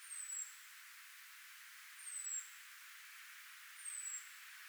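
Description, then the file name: European robin giving thin, high, descending whistled calls, one roughly every two seconds, over a steady background hiss. "Erithacus rubecula"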